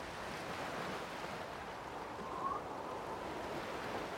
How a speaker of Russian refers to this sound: Послушайте воду, царица.